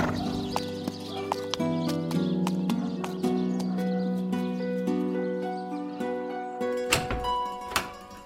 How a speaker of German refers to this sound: Ich bringe inzwischen dein Pferd in den Stall.